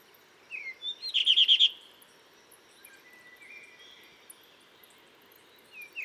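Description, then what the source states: Blue rock thrush song: a short run of quick, bright trilled whistles, followed by faint soft notes against a quiet background. In a cliff at Dentelles de Montmirail, 12 March 2020, 7:25; sings all morning to mark territory, changing perches; Nagra Seven, Telinga Pro7.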